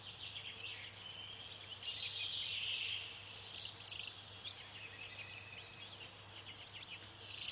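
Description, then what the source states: Common redpoll calls, a continuous rapid twittering with brief chattering trills, fairly faint, over a steady low hum. Plump bird hopping about, unbothered by a biting wind, in freezing winter conditions; small hardy northern species weighing 10–20 grams.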